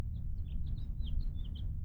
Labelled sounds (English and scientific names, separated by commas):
House Finch (Haemorhous mexicanus) song